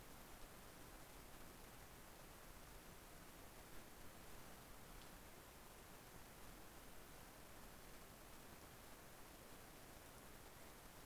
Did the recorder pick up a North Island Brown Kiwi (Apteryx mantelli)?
no